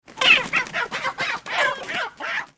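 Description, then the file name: Chicken: rooster squawking in panic: a fast run of several harsh, loud, broken squawks. "cock in a panic"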